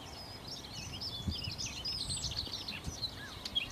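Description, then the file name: Common nightingale singing a dense, continuous stream of high, varied warbles and twittering notes, with soft low background noise. "Nachtigall"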